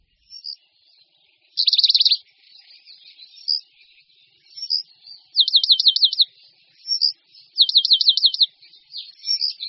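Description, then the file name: Eurasian penduline tit singing high, rapid buzzy trills in bursts, mixed with thin slurred whistles and soft twittering between phrases. "Moudivláček-lužní"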